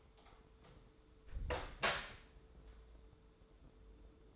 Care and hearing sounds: daily activity, microphone in the room; close door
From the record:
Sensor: 3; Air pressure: 1015.1 hPa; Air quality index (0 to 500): 116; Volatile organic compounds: 4 ppm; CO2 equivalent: 1624 ppm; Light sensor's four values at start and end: 16/40/16/17 and 16/40/16/17

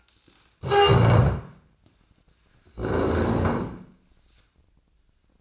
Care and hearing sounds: daily activity, microphone in the room; stand up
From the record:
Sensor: 2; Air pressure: 1012.1 hPa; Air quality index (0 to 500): 158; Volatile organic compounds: 2 ppm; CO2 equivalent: 1158 ppm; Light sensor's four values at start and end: 59/141/62/73 and 37/92/41/45

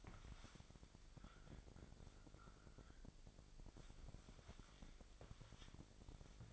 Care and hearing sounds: daily activity, microphone in the room; wipe stove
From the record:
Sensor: 5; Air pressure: 1001.7 hPa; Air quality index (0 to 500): 177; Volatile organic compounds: 11 ppm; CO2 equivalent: 2271 ppm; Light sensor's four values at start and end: 23/77/29/30 and 23/78/29/30

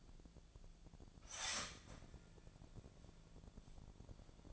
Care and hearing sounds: daily activity, microphone in the room; start toaster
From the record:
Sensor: 5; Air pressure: 1000.3 hPa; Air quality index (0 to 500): 125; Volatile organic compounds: 2 ppm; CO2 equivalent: 989 ppm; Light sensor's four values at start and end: 86/202/86/94 and 86/202/86/94

